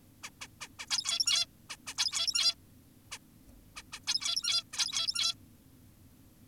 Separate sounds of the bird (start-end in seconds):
0.23-0.30, 0.41-0.48, 0.61-0.68, 0.79-0.86, 0.91-1.46, 1.70-1.76, 1.87-1.94, 1.98-2.55, 3.12-3.18, 3.76-3.83, 3.93-4.00, 4.08-4.64, 4.73-5.35